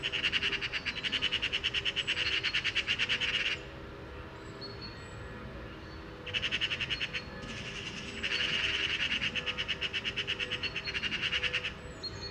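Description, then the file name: Eurasian magpie rattling in long bursts of rapid harsh notes, pausing for a few seconds, then chattering again. "Pica pica"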